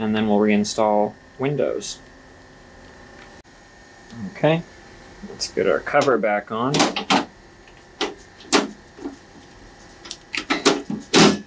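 A side cover panel is refitted onto the metal chassis of a Dell OptiPlex 790 desktop tower and pushed until it latches, while someone talks. A series of knocks and scrapes from 8.0 s builds to a loud final snap at 11.1 s, where the cover snaps into place and is seated.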